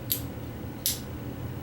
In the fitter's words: and it locks in place